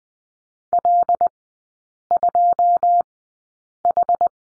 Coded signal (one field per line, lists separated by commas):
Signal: Morse code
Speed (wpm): 20 wpm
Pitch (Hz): 700 Hz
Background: none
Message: L2H